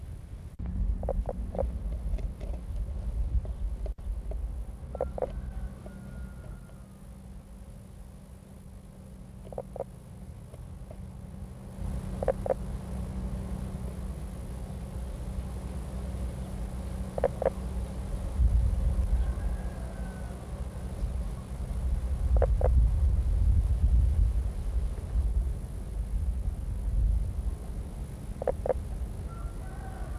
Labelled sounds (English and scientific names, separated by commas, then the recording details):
Common Spadefoot (Pelobates fuscus) call
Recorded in the wild
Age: adult
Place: Berlin, OT Blankenfelde, Berlin, DE
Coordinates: 52.626, 13.388
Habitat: pond
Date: 1963-04-12 11:30
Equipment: Minifon, Kopie Smaragd
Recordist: Tembrock, Günter